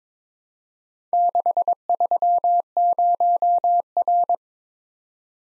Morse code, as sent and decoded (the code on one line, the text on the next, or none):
-.... ...-- ----- .-.
630R